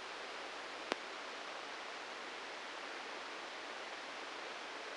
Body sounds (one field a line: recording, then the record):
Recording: brain microelectrode recording played as sound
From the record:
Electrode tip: inside the subthalamic nucleus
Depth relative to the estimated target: 2 mm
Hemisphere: right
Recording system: NeuroSet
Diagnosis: Parkinson's disease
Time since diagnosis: 9 years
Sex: male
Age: 56 years